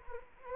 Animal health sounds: mosquito wingbeat signal from an infrared sensor; Anopheles arabiensis

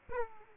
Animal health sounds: mosquito wingbeat signal from an infrared sensor; Aedes aegypti

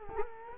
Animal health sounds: mosquito wingbeat signal from an infrared sensor; Culex quinquefasciatus

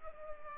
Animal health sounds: mosquito wingbeat signal from an infrared sensor; Culex pipiens

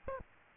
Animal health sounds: mosquito wingbeat signal from an infrared sensor; Aedes albopictus

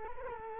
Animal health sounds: mosquito wingbeat signal from an infrared sensor; Culex quinquefasciatus

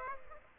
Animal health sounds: mosquito wingbeat signal from an infrared sensor; Aedes aegypti

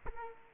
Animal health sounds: mosquito wingbeat signal from an infrared sensor; Culex quinquefasciatus

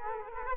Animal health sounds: mosquito wingbeat signal from an infrared sensor; Culex quinquefasciatus

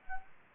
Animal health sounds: mosquito wingbeat signal from an infrared sensor; Culex quinquefasciatus

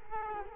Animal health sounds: mosquito wingbeat signal from an infrared sensor; Culex quinquefasciatus

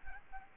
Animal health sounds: mosquito wingbeat signal from an infrared sensor; Aedes albopictus

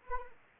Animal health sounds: mosquito wingbeat signal from an infrared sensor; Anopheles arabiensis

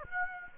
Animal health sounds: mosquito wingbeat signal from an infrared sensor; Aedes aegypti

